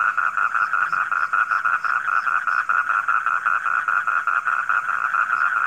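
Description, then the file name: Frog chorus with evenly pulsed, grating croaks forming a steady throb, plus scattered faint high chirps. Frogs recorded at night. "suara kodok di malam hari"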